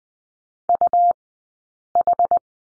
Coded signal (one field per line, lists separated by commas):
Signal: Morse code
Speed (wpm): 20 wpm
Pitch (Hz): 700 Hz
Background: none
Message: UH